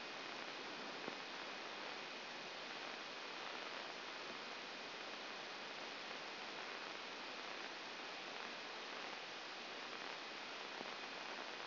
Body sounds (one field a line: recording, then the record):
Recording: brain microelectrode recording played as sound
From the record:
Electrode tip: outside the subthalamic nucleus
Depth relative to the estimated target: 1 mm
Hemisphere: left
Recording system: AlphaMap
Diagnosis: Parkinson's disease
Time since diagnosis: 11 years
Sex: female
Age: 60 years